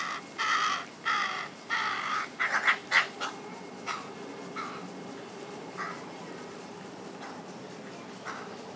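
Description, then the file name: Carrion crow giving a quick run of loud harsh caws, then fainter scattered caws trailing off over the following seconds. "Corvus corone"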